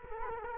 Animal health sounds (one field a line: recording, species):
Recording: mosquito wingbeat signal from an infrared sensor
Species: Culex quinquefasciatus